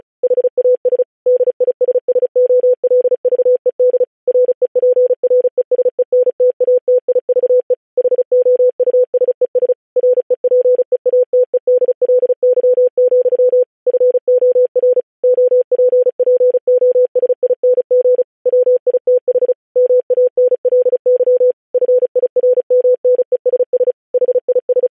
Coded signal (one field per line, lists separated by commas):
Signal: Morse code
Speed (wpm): 36 wpm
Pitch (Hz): 500 Hz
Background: none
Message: HAS DISSOLVED REPRESENTATIVE HOUSES REPEATEDLY, FOR OPPOSING WITH MANLY FIRMNESS HIS